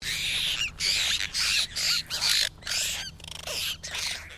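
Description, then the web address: Apostlebirds in group chorus: harsh, grating squawks in rapid bursts about twice a second, several birds calling together. "Foundation Updates BIRD APOSTLE BIRD GROUP CALL"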